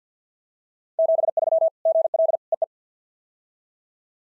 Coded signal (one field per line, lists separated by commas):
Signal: Morse code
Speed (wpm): 50 wpm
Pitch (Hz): 660 Hz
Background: none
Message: 73 GL EE